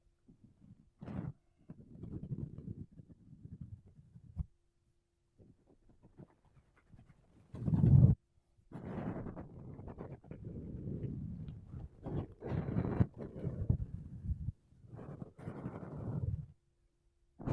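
Makeup brushes and a sponge rub across a microphone in uneven bursts of soft, scratchy strokes with short silent gaps between them. A heavier, booming thump lands near the middle, and a few sharper, brighter swipes cut through now and then.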